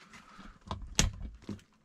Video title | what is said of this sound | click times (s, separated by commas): Dans le désordre le montage du hobao hyper ss e truggy combo xerun xr8 plus moteur léoprad 2200kv | Oh, le petit clic qui va très très bien. | 1.0 s